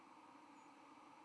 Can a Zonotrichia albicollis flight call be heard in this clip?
yes